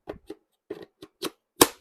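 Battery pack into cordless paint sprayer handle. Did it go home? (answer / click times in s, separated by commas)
yes / 1.6 s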